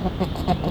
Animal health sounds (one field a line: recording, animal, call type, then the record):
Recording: contact call of a hoofed animal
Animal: goat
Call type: low-frequency (closed-mouth) or high-frequency (open-mouth) call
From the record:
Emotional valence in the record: negative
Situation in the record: short social isolation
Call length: 0.71 s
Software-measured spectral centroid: 1840 Hz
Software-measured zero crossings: 1200 a second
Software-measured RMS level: -24 dBFS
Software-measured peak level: -8 dBFS